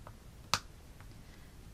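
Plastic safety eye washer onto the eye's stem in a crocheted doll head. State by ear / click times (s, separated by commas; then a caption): seated / 0.5 s. A plastic backing washer, flat side down, is pushed onto the stem of a safety eye through a crocheted doll head. A single sharp click at 0.5 s marks the washer locking onto the post, with faint ticks around it. The washer is seated.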